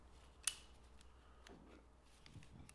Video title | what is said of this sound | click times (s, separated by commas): Why you SHOULD rebuild your own manual transmission in your project car! | when you're done with that gear you simply move the shift collar back and you'll hear everything snap back into place | 0.5 s